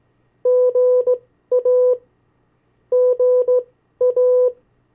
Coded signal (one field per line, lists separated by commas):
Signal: Morse code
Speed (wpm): 17 wpm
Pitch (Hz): 500 Hz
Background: none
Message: GA GA